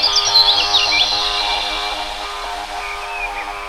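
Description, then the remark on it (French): High, quick bird calls chirp and trill in the early morning over a steady mechanical drone, busiest in the first second and a half and returning briefly near the end. “En début de matinée, vous aurez l'occasion d'entendre des oiseaux crier.”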